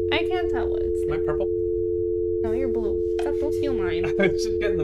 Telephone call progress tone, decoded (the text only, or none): dial tone